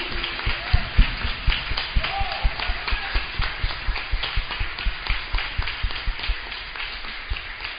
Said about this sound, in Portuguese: E para darmos início, né, em obediência ao Senhor, eu gostaria de começar dando uma linda salva de palmas ao Senhor. Amém?